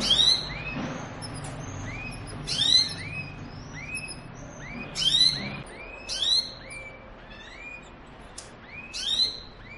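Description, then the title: Belgian canary song of repeated sharp sweeps and many soft, curving chirps, with a low hum that stops partway through. Song used to stimulate canaries to sing and warm up; the Indonesian title describes a mating canary sound. "Canto Para Esquentar Canário Belga. suara kenari kawin"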